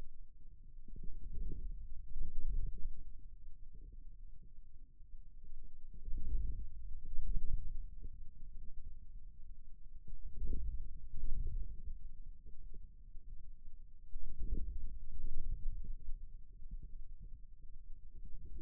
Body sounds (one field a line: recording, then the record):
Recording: forearm muscle sounds (acoustic myography)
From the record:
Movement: inward rotation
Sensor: system 2, bracelet of six BSWA MPA416 microphones around the upper forearm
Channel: 1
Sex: male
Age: 22 years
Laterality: right